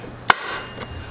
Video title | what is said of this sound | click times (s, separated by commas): How to Use the Philips Pasta Maker | oh that's a big quick click | 0.3 s